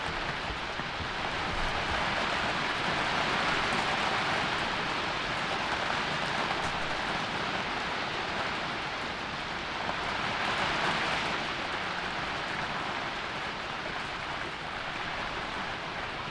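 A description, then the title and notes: Autumn rain drums on a thin tarpaulin in a constant, dense patter of countless tiny impacts. The hiss stays steady throughout, swelling slightly around four and eleven seconds, with a low rumbling undertone beneath the bright spatter. Rain On Missing Roof. The roof of the house is being replaced, so the only thing between the autoum rain, and the attic, is a thin tarpaulin.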